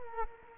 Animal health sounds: mosquito wingbeat signal from an infrared sensor; Culex quinquefasciatus

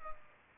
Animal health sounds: mosquito wingbeat signal from an infrared sensor; Culex pipiens

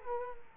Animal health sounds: mosquito wingbeat signal from an infrared sensor; Culex quinquefasciatus

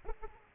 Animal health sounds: mosquito wingbeat signal from an infrared sensor; Aedes aegypti

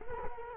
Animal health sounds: mosquito wingbeat signal from an infrared sensor; Culex quinquefasciatus

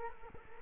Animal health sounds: mosquito wingbeat signal from an infrared sensor; Culex quinquefasciatus

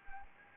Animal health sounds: mosquito wingbeat signal from an infrared sensor; Anopheles arabiensis

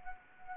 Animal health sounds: mosquito wingbeat signal from an infrared sensor; Anopheles arabiensis

